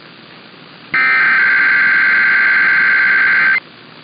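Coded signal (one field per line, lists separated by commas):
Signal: Emergency Alert System (SAME) tones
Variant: header bursts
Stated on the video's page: Nevada required monthly tests and routine weekly tests.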